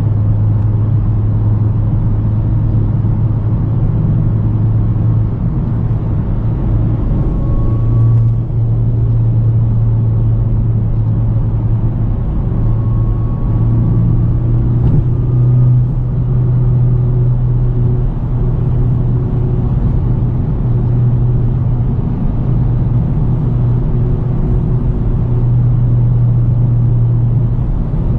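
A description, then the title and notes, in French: A car interior while driving, filled with a steady, dense low engine drone around a constant hum that wavers slightly in pitch. The level stays even throughout, with faint higher tones drifting in briefly around the middle and little else above the rumble. Conduite d'une voiture de l'intérieur.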